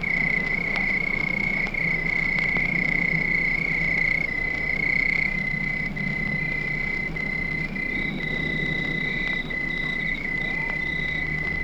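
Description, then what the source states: Crickets trill continuously at a high pitch, with a low rumble beneath. Crickets at night.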